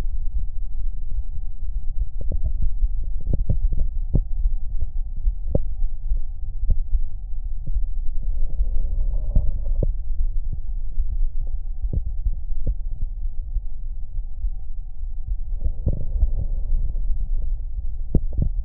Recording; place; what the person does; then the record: lung sounds by stethoscope; right anterior apical chest; quiet breathing, then deep breathing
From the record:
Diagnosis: asthma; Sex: female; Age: 66 years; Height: 172 cm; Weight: 76 kg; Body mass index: 25.7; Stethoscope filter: extended mode